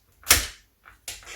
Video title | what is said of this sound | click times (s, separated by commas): Align TB70 - Assembly Tutorial - Part 2 | it will locate into that tab there, and you should hear a nice clicking sound like that, and my boom is firmly in position. | 0.3 s